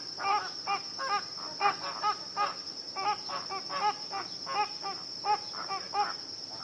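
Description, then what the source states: Flamingos giving honking squawks, each note harmonic and nasal, several calling in quick irregular bursts over a constant high buzzing tone. Wetland ambience of a flamingo flock squawking.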